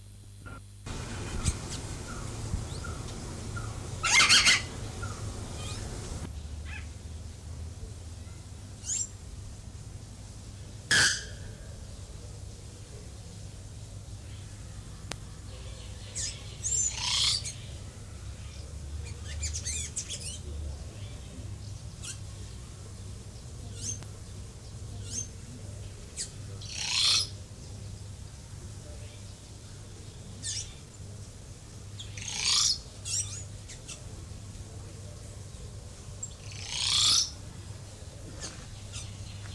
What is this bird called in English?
Bare-throated Bellbird